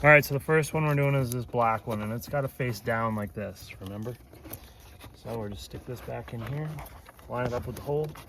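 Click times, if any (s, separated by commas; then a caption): none. A black wiring connector, held face down, is lined up with the hole and pushed back toward its socket on the steering column clock spring assembly of a 2012 Subaru Impreza WRX STI during a clock spring replacement. Someone talks throughout, with a brief faint sound at 4.5 seconds. Nothing has seated or clicked yet when the clip ends.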